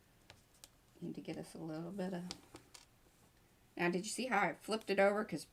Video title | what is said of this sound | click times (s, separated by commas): Making JOURNAL Flips, Folds & Petal Pockets - LIVE STREAM | now it's going to click in place | 0.3 s, 0.6 s